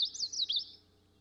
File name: dan-gibsons-solitudes common-yellowthroat